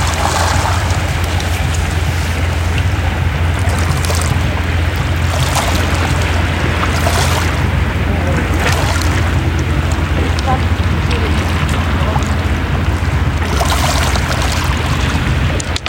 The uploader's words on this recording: Alone on a Novigrad beach. Recorded in Novigrad, Croatia on the afternoon.